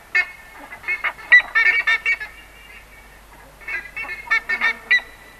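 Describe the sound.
Buff-necked ibis calling in two bursts of harsh, nasal honks, several notes in quick succession, separated by a short quiet gap.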